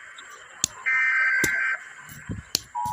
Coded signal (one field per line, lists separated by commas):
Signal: Emergency Alert System (SAME) tones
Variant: header bursts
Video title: 🛑rating eas alarms PART 4 (New year special)🛑